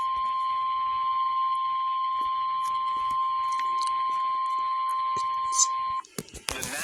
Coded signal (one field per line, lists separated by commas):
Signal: Emergency Alert System (SAME) tones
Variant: 1050 Hz attention tone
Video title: Severe Thunderstorm Warning EAS Benton Washington Delaware Mayes Adair Cherokee County Arkansas Okla